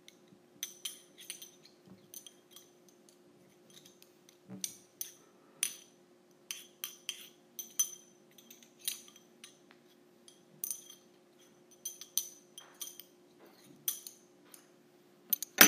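Metal straws clink and tap against each other and hard surfaces in short, bright, ringing hits, arriving irregularly every half second or so across the whole clip. A low, steady hum runs underneath throughout, with a louder clink at the very end.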